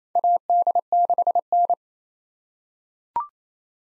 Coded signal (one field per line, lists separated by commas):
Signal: Morse code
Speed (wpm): 28 wpm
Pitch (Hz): 700 Hz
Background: none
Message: AD6N